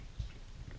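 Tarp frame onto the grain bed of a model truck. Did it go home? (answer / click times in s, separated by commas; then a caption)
no / none. The grooved thick side of a 3D-printed plastic tarp frame is handled over the front flange of the 18 ft grain bed on a diecast DCP C65 Chevy model truck, before being pressed down. Soft, low handling bumps are heard, strongest around 0.2 s and 0.8 s, over a faint steady background. Nothing has snapped or seated yet.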